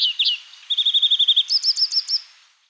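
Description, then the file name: European greenfinch twittering: two sharp chirps, then a rapid even trill of high notes, followed by a slower run of chips. "gruenfink"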